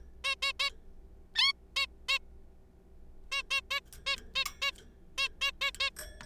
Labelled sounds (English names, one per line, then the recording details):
Zebra Finch
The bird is a juvenile
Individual R3428